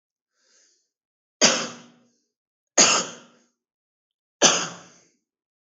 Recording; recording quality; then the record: heavy voluntary cough; excellent, no background noise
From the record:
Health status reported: healthy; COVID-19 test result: negative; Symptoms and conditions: cough, sore throat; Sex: male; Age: 27 years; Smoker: yes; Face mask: not worn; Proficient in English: yes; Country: India